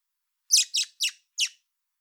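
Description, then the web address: Common blackbird giving four quick, harsh chattering notes, three in close succession and a fourth after a brief pause. "pub SETE data Turdus merula"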